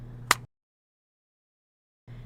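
A thumb slides the plastic outer cover of a dry powder disk inhaler open until it clicks into its open position. A single sharp, short click is heard at 0.3 s over a low hum, followed by near silence until the hum returns near the end. The cover is seated open.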